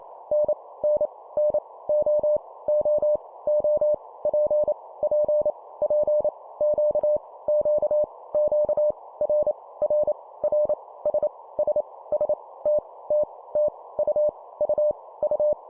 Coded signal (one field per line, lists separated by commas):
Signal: Morse code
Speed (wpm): 28 wpm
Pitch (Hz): 600 Hz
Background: none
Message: N N N O O O P P P Q Q Q R R R S S S T T T U U U